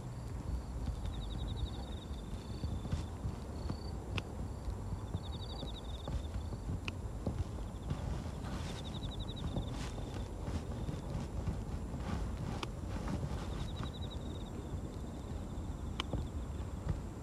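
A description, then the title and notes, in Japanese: Someone weeds a carrot patch at dusk, pulling grass by hand and snipping larger stems with scissors. Dense rustling and crunching fill the clip, with sharp clicks scattered throughout. Above it, bird calls repeat in short trilled bursts every few seconds. ガサガサ音あり 人参除草／夕暮れ。片手にハサミを持ちながら、草を抜きつつ、大きいものはチョンチョン切っていきます。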